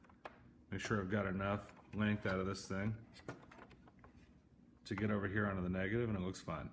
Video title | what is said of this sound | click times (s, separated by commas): DIY Hella Fuse Block and Relay Center | wiggle it on down till it snaps in | 0.3 s